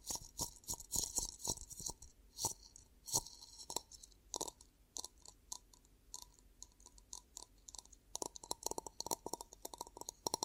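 Ear cupping ASMR sounds: a string of soft, crackly, crunching taps and rubs that come in bursts, with crisp hissy tops over a muffled low thump. The first half holds spaced, heavier hits, while the last two seconds turn to a dense flurry of quick crackles.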